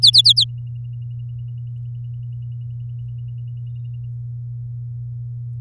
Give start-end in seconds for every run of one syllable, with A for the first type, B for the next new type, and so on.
0.02-0.45 A